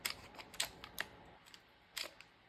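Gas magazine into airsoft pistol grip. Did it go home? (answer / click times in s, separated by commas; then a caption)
no / none. A worn, heavily used VFC gas magazine from another brand is worked against the grip of a GHM9G airsoft pistol, producing a series of sharp plastic-and-metal knocks and rattles with quieter gaps between them. The magazine, which has a curved gas router, does not fit, and nothing has seated or clicked yet.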